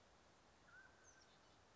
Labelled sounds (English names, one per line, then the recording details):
Mountain Quail
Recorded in Sonoma County, California